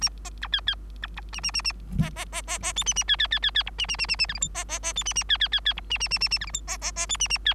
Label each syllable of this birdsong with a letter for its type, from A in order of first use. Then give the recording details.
A B C D D C E A A A A B B B B B F A A D D D D D E A A A A A G H I B B B F A A D D D D E A A A A A G H I B B B F A A D. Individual Bird3